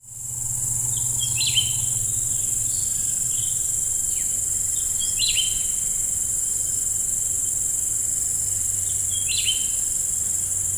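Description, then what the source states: Greater green leafbird singing clipped, downward-swooping whistles in three bursts, with a constant shrill buzz and faint low hum beneath. Song style referred to as "cucak rante"; also labelled by the local name cucak ijo.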